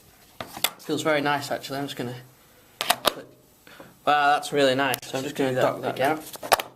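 Someone talks while handling a magnetic keyboard cover for a Microsoft Surface tablet, folding it down toward the tablet's magnetic connector edge, with several short tapping and handling knocks between the words. The cover has not clicked or seated into place yet.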